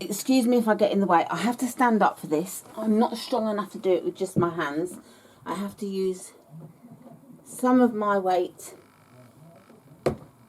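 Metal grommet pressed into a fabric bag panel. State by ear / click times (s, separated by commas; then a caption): seated / 10.1 s. A person stands and puts her body weight on a hand press to set a metal grommet through a fabric bag panel. Someone talks throughout, then the two halves of the grommet snap together with a single sharp click at 10.1 seconds, and the grommet is seated.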